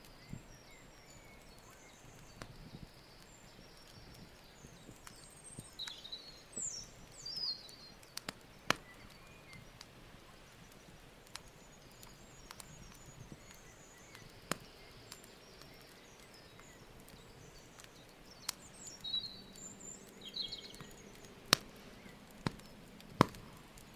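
A campfire by a lake crackles with sharp pops and snaps at irregular moments, the loudest near 8, 12, 14, 21 and 23 seconds. Beneath them runs a low, steady hiss, and faint bird chirps come through around 6 to 8 seconds and again near 19.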